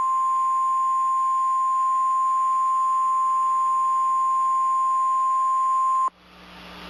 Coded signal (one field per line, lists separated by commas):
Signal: Emergency Alert System (SAME) tones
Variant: 1050 Hz attention tone